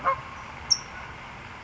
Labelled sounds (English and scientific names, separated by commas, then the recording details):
California Towhee (Melozone crissalis)
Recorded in Sonoma County, California